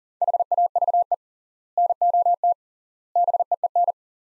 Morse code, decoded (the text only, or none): HAVE NOT BEEN